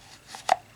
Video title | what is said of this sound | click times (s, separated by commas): Tuning the Trigger of a 1911 Colt Gold Cup for $10 bucks! | Hear that? It's just a little click. | 0.5 s